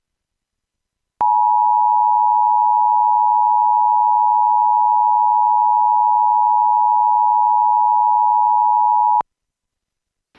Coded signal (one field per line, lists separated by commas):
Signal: Emergency Alert System (SAME) tones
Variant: 853 and 960 Hz attention tone